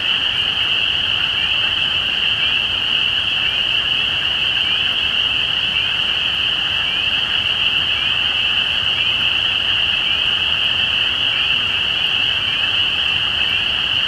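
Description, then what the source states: Spring peeper chorus, a steady shrill high drone of many callers, with individual rising peeps standing out above the mass. Recorded at Easter 2017.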